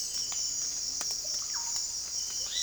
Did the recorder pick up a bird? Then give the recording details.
no. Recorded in secondary vegetation near Puerto Asís, Putumayo, Colombia, on 20 December 2024 at 06:30. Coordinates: 0.484, -76.319. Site GP06